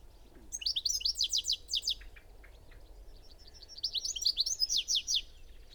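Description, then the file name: European goldfinch twitter, two bouts of fast, ringing, liquid chirps, each lasting around a second and a half, with a pause between. "Carduelis carduelis"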